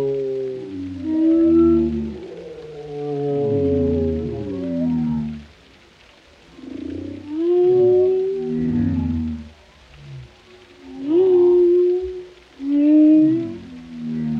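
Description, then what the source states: Whale song with rich layered moans, some gliding downward, others rising into brief upsweeps, arriving in bursts of several seconds with short pauses between. Compilation of whale vocalizations for relaxation, including moans, resonant calls and melodic songs.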